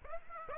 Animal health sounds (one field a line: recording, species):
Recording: mosquito wingbeat signal from an infrared sensor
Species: Aedes aegypti